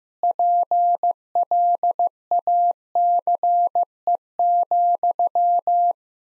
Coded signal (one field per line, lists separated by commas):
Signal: Morse code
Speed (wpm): 16 wpm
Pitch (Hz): 700 Hz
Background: none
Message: PLACE,